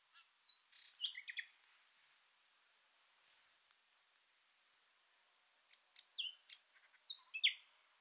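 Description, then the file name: Common nightingale song: scattered sharp chirps and brief twittering notes, a quiet pause, then another short burst of varied high notes. "Luscinia megarhynchos"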